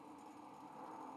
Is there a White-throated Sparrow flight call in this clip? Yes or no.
no